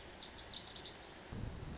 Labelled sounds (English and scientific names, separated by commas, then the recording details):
Lazuli Bunting (Passerina amoena)
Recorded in Sonoma County, California